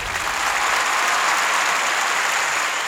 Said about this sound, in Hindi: देखिए ये तालियां भी यहाँ जॉन ही ने खुद लगा दी